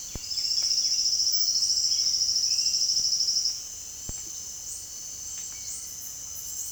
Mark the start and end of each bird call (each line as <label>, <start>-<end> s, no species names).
bird call, 0.53-6.71 s